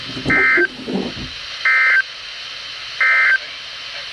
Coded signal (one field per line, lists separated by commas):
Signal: Emergency Alert System (SAME) tones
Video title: EAS #1 - Severe Thunderstorm Warning (5-15-18)